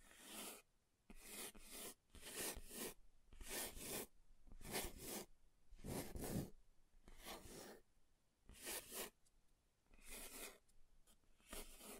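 Scratching across a table surface in a run of rough, rasping strokes, each about half a second long, with short quiet gaps between them. The strokes keep a fairly regular rhythm. Around six seconds one stroke is heavier and deeper, and the texture shifts slightly from stroke to stroke.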